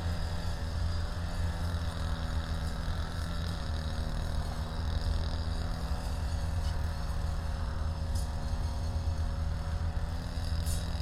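A grass cutter runs steadily in a rural field, its engine a constant low drone with a thin whine riding above. The level barely changes across the eleven seconds, and a few faint clicks or ticks surface near eight and eleven seconds.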